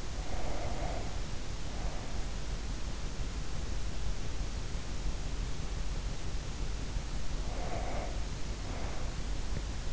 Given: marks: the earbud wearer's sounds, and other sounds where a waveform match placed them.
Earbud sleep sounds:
sounds in sleep by an in-ear microphone; breath
0.00-2.44 s: breath
7.15-9.44 s: breath

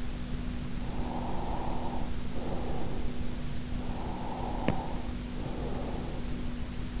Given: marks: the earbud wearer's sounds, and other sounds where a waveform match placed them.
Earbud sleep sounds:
sounds in sleep by an in-ear microphone; breath
1.01-3.36 s: breath
3.91-6.36 s: breath

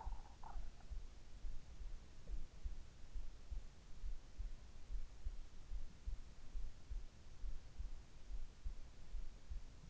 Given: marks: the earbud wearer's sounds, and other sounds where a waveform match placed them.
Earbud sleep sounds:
sounds in sleep by an in-ear microphone; swallowing
0.00-0.62 s: swallowing

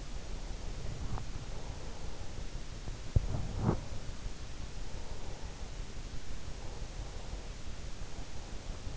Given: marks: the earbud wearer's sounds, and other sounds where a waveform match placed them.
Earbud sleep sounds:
sounds in sleep by an in-ear microphone; breath
0.19-2.51 s: breath
3.06-5.68 s: breath
6.49-8.97 s: breath

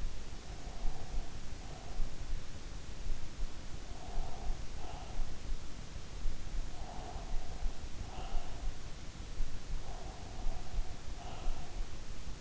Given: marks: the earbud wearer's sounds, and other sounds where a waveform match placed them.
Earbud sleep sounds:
sounds in sleep by an in-ear microphone; breath
0.00-2.31 s: breath
3.62-5.54 s: breath
6.59-8.82 s: breath
9.83-12.41 s: breath

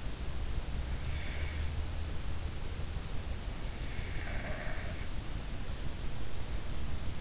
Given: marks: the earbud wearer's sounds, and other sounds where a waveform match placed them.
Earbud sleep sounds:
sounds in sleep by an in-ear microphone; breath
1.24-1.97 s: breath
4.06-5.08 s: breath

